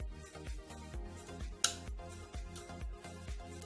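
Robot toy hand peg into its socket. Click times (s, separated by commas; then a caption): 1.6 s. Over steady background music, the hand of a plastic transforming robot toy is flipped up and its peg is pushed into the socket, giving one sharp, bright click at 1.6 seconds. The hand is now pegged in and seated.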